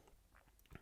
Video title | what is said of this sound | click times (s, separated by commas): Restoring a Nasty G-Shock | so getting the movement back in uh it just kind of clicks into place here | 0.6 s, 0.8 s